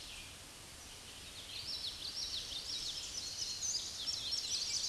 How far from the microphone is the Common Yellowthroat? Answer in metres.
about 40 m